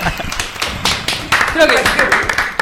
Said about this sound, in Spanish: Vamos, aplausos.